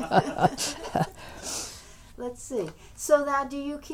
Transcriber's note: they laugh